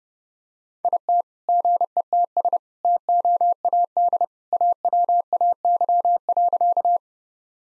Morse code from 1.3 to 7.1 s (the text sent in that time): GETS TOAD AWAY.